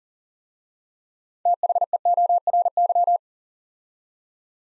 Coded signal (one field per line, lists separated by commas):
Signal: Morse code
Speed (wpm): 38 wpm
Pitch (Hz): 700 Hz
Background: none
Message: THEORY